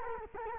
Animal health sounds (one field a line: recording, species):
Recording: mosquito wingbeat signal from an infrared sensor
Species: Culex quinquefasciatus